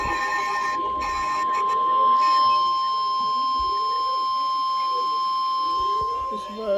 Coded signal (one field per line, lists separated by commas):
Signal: Emergency Alert System (SAME) tones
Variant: 1050 Hz attention tone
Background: speech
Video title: EAS #226 Severe Thunderstorm Warning On NWR